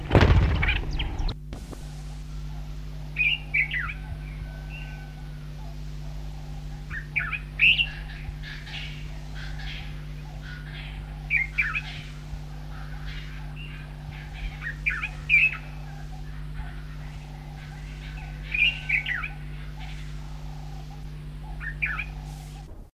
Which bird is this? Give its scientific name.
Pycnonotus nigricans